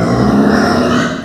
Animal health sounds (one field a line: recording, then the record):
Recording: squeal of a Yucatan mini pig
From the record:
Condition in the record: after surgery on the right vocal fold (resection and tissue-engineered implant)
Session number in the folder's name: 9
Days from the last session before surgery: 65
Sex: female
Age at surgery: 19 weeks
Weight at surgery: 25 kg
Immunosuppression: prednisolone